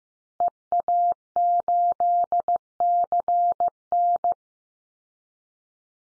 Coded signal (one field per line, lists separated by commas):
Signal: Morse code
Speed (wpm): 15 wpm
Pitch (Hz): 700 Hz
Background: none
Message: EA8CN